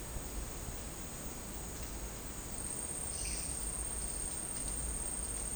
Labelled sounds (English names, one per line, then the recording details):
none
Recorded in dense forest near Puerto Asís, Putumayo, Colombia, on 24 June 2025 at 11:30
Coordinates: 0.499, -76.324
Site G100